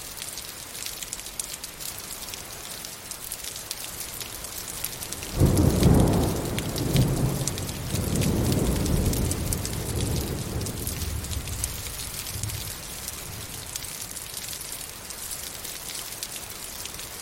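Steady rain patters throughout, a dense hiss of fine drops with crisp individual ticks on the ground. At about five seconds a deep roll of thunder breaks in, swells with a second surge near eight seconds, then fades out slowly by around twelve seconds.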